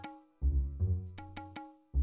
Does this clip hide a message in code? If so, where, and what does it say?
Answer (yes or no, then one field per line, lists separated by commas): no